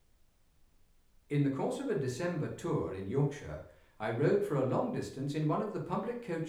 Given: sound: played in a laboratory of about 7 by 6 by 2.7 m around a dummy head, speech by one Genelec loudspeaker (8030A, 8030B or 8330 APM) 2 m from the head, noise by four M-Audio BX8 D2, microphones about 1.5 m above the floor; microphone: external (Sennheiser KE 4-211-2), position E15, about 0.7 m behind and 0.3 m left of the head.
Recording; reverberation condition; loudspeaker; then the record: male speech in English; medium; 60 degrees to the left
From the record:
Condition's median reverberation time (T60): about 510 ms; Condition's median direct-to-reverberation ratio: about -0.5 dB